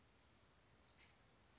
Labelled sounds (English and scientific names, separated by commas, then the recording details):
California Towhee (Melozone crissalis)
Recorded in Sonoma County, California